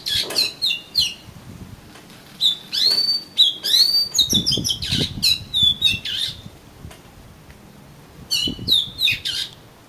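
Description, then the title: Oriental magpie-robin song: fast sequence of sweeping whistles and slurred notes, with a long run in the middle and a shorter burst near the end. "Kacer Kacer"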